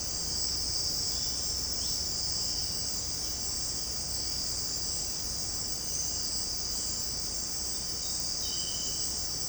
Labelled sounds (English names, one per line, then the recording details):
none
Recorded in secondary vegetation near Puerto Asís, Putumayo, Colombia, on 19 March 2025 at 17:30
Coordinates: 0.484, -76.319
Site G010